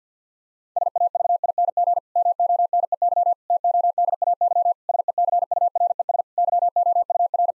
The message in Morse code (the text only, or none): SAVING MONEY TODAY SECURES YOUR